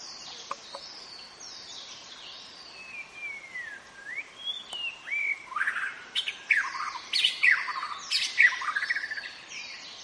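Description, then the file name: White-rumped shama song: long slurred whistles rising and falling, then a burst of rapid, varied warbled phrases, over a steady high background chorus. Known locally as murai batu; in forest (hutan). "suara muraibatu hutan omkicau"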